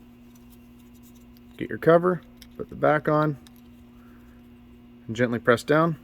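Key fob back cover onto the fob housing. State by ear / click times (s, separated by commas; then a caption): not seated / none. The plastic back cover of a Ford F150 truck key fob is handled and put back onto the fob housing after the battery is replaced, ready to be pressed down by hand, while someone talks over a low steady hum. Nothing has seated or clicked into place yet.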